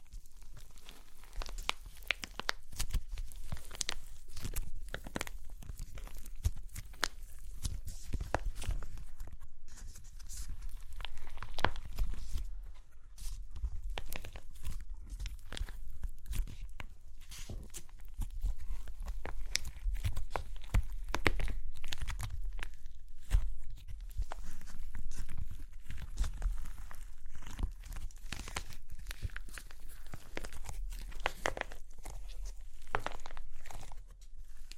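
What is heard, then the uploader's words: Crunchy clay cracks and crumbles in a dense, continuous run of sharp crackles and snaps, with no real pauses for about thirty-five seconds. The crackling is irregular and bright, reaching well into the high end, over a steady low rumble. Super Crunchy Clay Cracking (No Talking).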